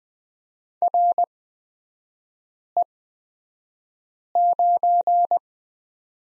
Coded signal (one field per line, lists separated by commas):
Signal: Morse code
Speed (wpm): 20 wpm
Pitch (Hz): 700 Hz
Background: none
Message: RE9